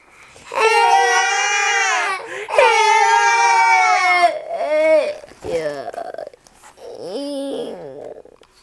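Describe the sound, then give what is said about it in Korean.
A voice imitates a baby crying, for a baby dinosaur in a children's story, in long, wailing, high-pitched sobs: two sustained loud wails followed by shorter, breaking whimpers that trail off into softer cries. “목소리를 아기처럼 해줘야죠.”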